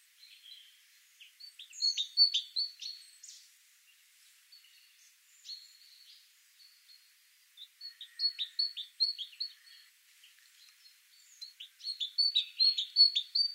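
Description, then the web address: Great tit calling in uneven series of high clipped notes, with a rapid run near the end. "SETE data Parus major"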